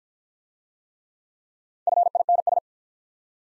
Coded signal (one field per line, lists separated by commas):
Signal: Morse code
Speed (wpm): 50 wpm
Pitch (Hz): 700 Hz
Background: none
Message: FINS